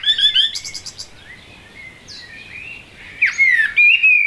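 Blackbird song: a short twittery phrase, a soft warbling lull, then a loud clear fluty phrase to finish.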